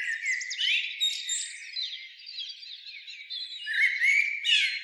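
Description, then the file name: Eurasian blackbird singing busy twittering and warbled notes throughout, louder near the end. "Turdus merula"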